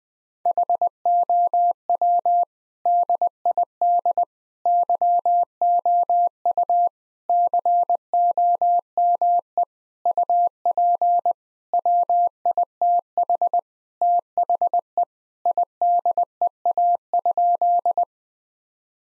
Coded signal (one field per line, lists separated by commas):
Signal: Morse code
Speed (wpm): 21 wpm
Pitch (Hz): 700 Hz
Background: none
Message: HOW DID YOU COME UP WITH THE IDEA?